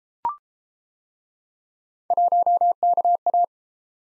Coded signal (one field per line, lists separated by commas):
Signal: Morse code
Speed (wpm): 29 wpm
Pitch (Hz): 700 Hz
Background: none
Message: 1KA